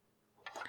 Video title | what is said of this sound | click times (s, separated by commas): Bandai Perfect Grade Millennium Falcon 5.2: Starting the Cockpit | So that's in, and then come back and I can push that home and it'll lock into place. | 0.5 s